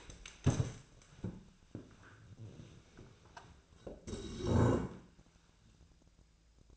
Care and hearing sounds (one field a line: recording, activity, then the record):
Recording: daily activity, microphone in the room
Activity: stand up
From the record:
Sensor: 2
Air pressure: 1000.3 hPa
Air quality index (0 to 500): 160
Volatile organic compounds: 3 ppm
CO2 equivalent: 1334 ppm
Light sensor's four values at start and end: 11/24/11/11 and 10/21/10/10